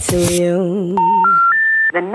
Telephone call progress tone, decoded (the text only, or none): special information tone